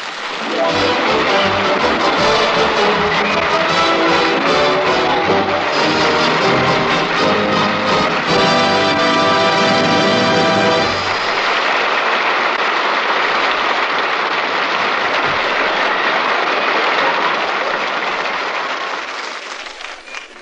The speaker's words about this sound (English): As you hear the applause of our studio audience over the air, let it remind you that someday you, in your homes, will become part of that studio audience.